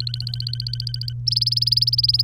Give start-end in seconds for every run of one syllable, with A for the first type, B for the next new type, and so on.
0.00-1.13 A, 1.27-2.23 B